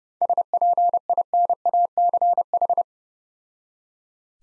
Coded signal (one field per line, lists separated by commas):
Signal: Morse code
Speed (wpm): 30 wpm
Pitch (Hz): 700 Hz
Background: none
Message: SPINACH